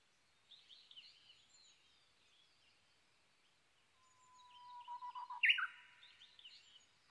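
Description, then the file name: Japanese bush warbler song opens with a long low whistle, stutters briefly, then bursts into a loud sweeping flourish; soft twittering from other birds earlier. Recorded 22 May 2011 at 05:58. "uguisu-20110522-0558"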